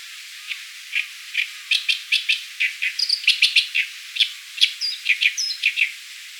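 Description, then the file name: Oriental reed warbler song: harsh, croaking chattering notes, single at first, then quickening into dense rasping bursts with a few thin whistled notes. "Acrocephalus orientalis"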